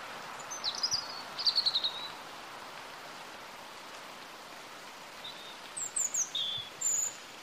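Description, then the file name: European robin offering high, thin trills and squeaky notes in two bursts, the second a string of very high separate notes, over a constant hiss. "Erithacus rubecula"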